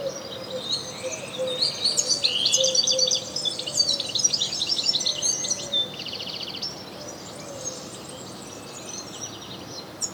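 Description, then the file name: European goldfinch calls, a loud burst of tinkling twitters and rattling trills early on, then thinner scattered chirps fading toward the end. "Carduelis carduelis"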